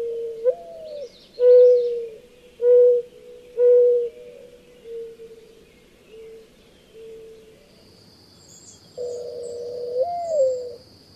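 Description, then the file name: Mourning dove cooing: a soft, low, hollow coo that rises and falls, then several steady drawn-out coos that fade, with a second phrase beginning near the end over a thin high steady tone. "Mourning Dove (Wild America)"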